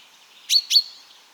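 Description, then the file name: Common chaffinch giving two short, sharp, bright high call notes in quick succession, over faint background hiss. "Fringilla coelebs"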